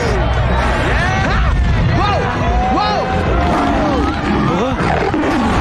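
A lion roars several times in a row, each call swelling up and sliding back down in pitch, layered over a loud, dense rumbling background.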